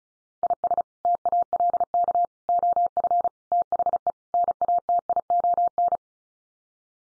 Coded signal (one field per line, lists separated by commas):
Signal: Morse code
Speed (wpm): 34 wpm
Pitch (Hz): 700 Hz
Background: none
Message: IS TALK OF THE NATION